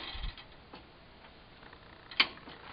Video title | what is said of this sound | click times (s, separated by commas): Logs to Lumber! Milling logs with my Woodland Mills 122 Sawmill on sunny Saturday (23 February) | finish the tightening process until I hear the click there | 2.2 s